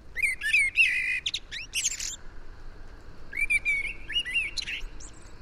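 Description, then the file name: Common blackbird singing two phrases, each a slurred whistled run followed by scratchy high twitters, with a gap of about a second between them. "Turdus merula"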